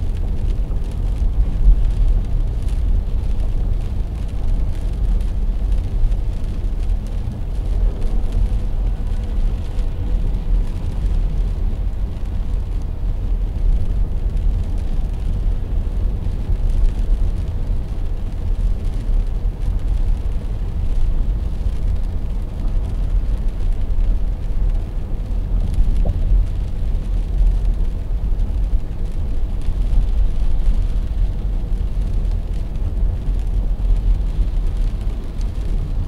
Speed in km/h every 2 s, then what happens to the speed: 73, 73, 73, 73, 72, 72, 73, 74, 74, 73, 73, 73, 70, 70, 70, 70, 70, 69.
0-36 steady at about 73.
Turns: none.